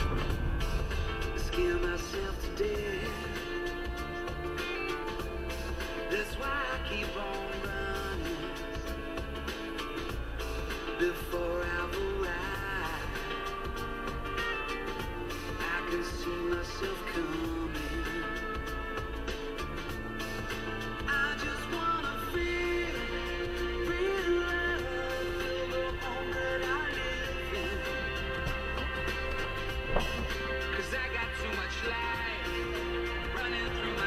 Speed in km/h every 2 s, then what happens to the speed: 11, 3, 2, 0, 0, 0, 0, 0, 0, 0, 0, 0, 0, 1, 0, 3, 2.
4-28 standing. 28-34 steady at about 2.